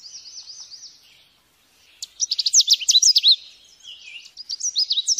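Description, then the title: Lovebird calls: a short run of wavering high notes, a pause, then rapid sharp chirps and squeaks in two busy, shrill bursts. Used as a lure to attract lovebirds. "PIKAT BURUNG LOVEBIRD"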